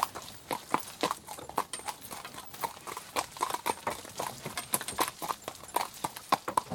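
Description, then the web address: Horse hoofbeats clopping evenly, with some noise from cart and harness. Horse pulling a cart with pneumatic tyres on a wet track; some noise from cart and harness. "Sound Effects-BBC Horses Carts. wet track pulling cart some noise from cart and harness cart has pneumatic tyres"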